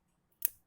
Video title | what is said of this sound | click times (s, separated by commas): TUGAS 1 JARINGAN KOMPUTER | Ya, itu bunyi klik. | 0.5 s